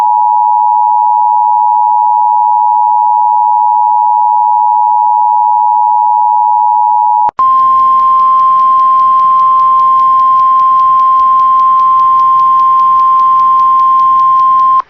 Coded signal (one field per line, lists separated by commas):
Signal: Emergency Alert System (SAME) tones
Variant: 853 and 960 Hz attention tone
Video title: IEMBot Jumpscares are a thing..? EAS Alerts from 3/11/2026 (EAS #161-#169)